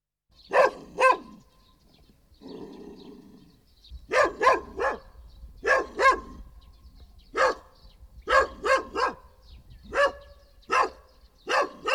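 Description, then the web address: Dog barking repeatedly in single barks and quick doubles and triples. "animali cani cani dog"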